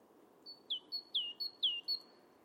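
Great tit singing high two-note phrases, a thin steady note dropping into a brighter falling one, three times, then one more thin note, over a soft background hiss.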